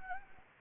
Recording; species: mosquito wingbeat signal from an infrared sensor; Anopheles gambiae